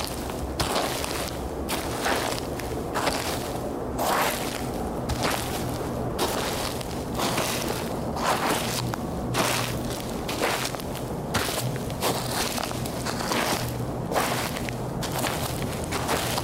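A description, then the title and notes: Shovels dig into the earth in a steady rhythm, each gritty scrape or crunch arriving about once a second and running through the whole recording. A constant low hum sits underneath, and the scraping sounds fairly loud. Ancient Discoveries: Exploring an Archaeological Dig. The gentle hum of the surrounding nature provides a peaceful backdrop.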